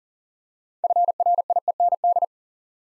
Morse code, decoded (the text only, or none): FRIEND